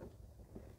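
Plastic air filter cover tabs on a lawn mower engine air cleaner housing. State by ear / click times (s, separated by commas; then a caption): not seated / none. After a new paper air filter is put in a Honda HRN216 lawn mower, the two plastic tabs on the air filter cover of the engine's air cleaner housing are handled while being pressed toward closed. A low, steady rumble runs throughout, with one brief soft bump at about 0.6 s. Nothing has snapped or seated yet.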